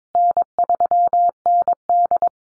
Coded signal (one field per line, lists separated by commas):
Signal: Morse code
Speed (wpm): 22 wpm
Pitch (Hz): 700 Hz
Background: none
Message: N3ND